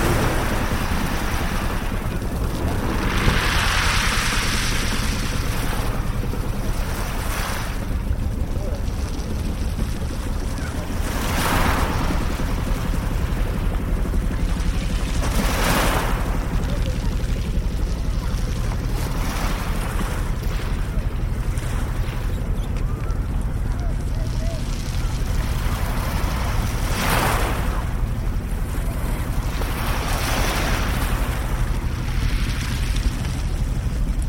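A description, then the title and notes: Around a seaside fishing village, a steady low rumble of engine and surf fills the air, with bright washes of waves breaking every few seconds. A short journey in sound around the East Devon fishing village of Beer.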